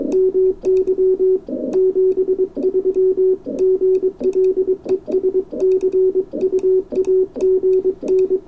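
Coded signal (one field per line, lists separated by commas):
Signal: Morse code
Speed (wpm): 21 wpm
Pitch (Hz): 380 Hz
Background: radio noise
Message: MY 73 GL ES CU AGN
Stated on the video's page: Sent on a homemade hacksaw blade Morse paddle, Mark II, during live QSOs.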